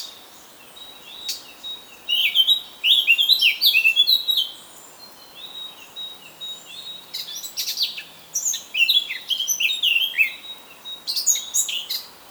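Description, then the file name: Eurasian blackcap song: several bursts of fast, varied warbling with rich fluty notes, repeated with short pauses between. "Sylvia atricapilla"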